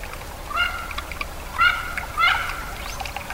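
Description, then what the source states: Mandarin duck calls: three short whistled notes rich in overtones, over a steady hiss. A member of the duck family.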